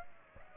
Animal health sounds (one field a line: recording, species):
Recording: mosquito wingbeat signal from an infrared sensor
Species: Aedes aegypti